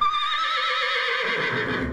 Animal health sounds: contact call of a hoofed animal; horse; whinny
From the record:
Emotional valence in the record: positive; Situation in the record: reunion with the whole group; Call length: 1.92 s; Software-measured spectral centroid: 2250 Hz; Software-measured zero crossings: 3530 a second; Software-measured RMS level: -24 dBFS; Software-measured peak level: -11 dBFS

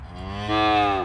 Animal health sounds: contact call of a hoofed animal; cattle; low-frequency (closed-mouth) or high-frequency (open-mouth) call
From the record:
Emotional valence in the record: negative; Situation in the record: full separation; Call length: 1.05 s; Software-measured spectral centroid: 1720 Hz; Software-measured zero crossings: 1870 a second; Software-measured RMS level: -23 dBFS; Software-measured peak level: -10 dBFS

